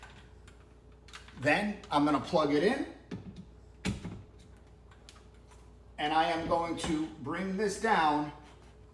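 Someone talks while handling a Miele Duoflex HX1 Total Care cordless vacuum, plugging it in and lowering the vacuum stick toward its charging dock along the stand's track, with a few light handling taps and a sharper knock near 3.9 s. Nothing has clicked or seated into the charging dock yet.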